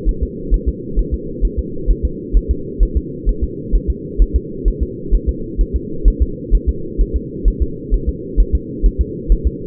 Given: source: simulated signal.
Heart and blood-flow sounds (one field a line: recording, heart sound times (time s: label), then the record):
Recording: fetal heart sounds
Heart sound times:
0.09 s: S1
0.23 s: S2
0.54 s: S1
0.68 s: S2
0.99 s: S1
1.14 s: S2
1.45 s: S1
1.59 s: S2
1.91 s: S1
2.05 s: S2
2.37 s: S1
2.51 s: S2
2.83 s: S1
2.97 s: S2
3.29 s: S1
3.44 s: S2
3.75 s: S1
3.90 s: S2
4.22 s: S1
4.36 s: S2
4.68 s: S1
4.82 s: S2
5.15 s: S1
5.29 s: S2
5.61 s: S1
5.76 s: S2
6.08 s: S1
6.22 s: S2
6.55 s: S1
6.69 s: S2
7.01 s: S1
7.16 s: S2
7.48 s: S1
7.62 s: S2
7.94 s: S1
8.09 s: S2
8.40 s: S1
8.55 s: S2
8.86 s: S1
9.01 s: S2
9.32 s: S1
9.47 s: S2
From the record:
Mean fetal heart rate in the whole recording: 130 bpm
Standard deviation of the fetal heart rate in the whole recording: 2 bpm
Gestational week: 36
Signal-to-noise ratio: -4.3 dB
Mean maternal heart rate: 72 bpm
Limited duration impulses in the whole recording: absent